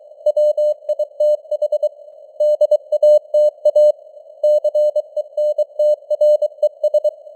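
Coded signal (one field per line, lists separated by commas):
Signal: Morse code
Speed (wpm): 23 wpm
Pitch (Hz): 600 Hz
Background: none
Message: WITH DATA CENTRES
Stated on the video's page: News headlines sent at 23 wpm with simulated radio noise and varying signal strength (QSB).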